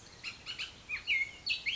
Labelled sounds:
Bullock's Oriole
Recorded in Sonoma County, California

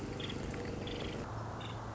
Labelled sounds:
Nuttall's Woodpecker
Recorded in Sonoma County, California

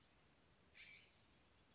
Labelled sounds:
California Scrub-Jay
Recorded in Sonoma County, California

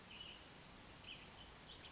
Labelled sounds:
California Towhee
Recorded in Sonoma County, California

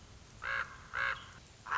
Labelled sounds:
Common Raven
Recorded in Sonoma County, California

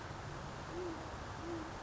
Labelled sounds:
Great Horned Owl
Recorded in Sonoma County, California

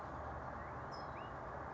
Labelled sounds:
California Towhee
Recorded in Sonoma County, California

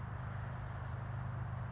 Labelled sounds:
California Towhee
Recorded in Sonoma County, California

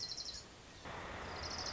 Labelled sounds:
Orange-crowned Warbler
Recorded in Sonoma County, California

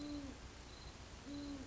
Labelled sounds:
Great Horned Owl
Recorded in Sonoma County, California

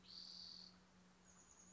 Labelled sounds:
Spotted Towhee
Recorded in Sonoma County, California

